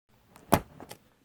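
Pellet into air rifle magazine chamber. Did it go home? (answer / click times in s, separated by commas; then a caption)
yes / 0.5 s. A lead pellet is pressed into a chamber of the rotary magazine of an Evanix Giant full-auto PCP air rifle, pushed past flush until it snaps down to the floor of the chamber. A sharp, bright snap at 0.5 s stands out, with fainter small clicks around 0.4, 0.8 and 0.9 s. The pellet is seated all the way down in the magazine.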